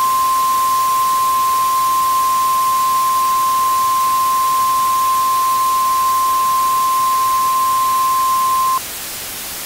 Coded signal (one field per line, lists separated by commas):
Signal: Emergency Alert System (SAME) tones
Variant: 1050 Hz attention tone